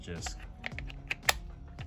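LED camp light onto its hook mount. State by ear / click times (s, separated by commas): seated / 1.3 s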